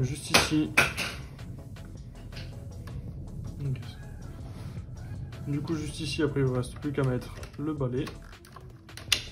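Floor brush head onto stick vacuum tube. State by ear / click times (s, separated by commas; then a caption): seated / 9.1 s. The floor brush head of an Ultenic U11 stick vacuum is pushed hard onto the vacuum tube while someone talks, with light handling taps and background music. A sharp click at 9.1 s marks the head latching into place, and it is seated.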